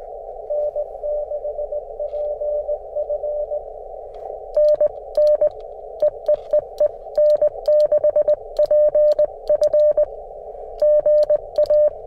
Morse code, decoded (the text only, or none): N6PF NN EEEE N6PF GA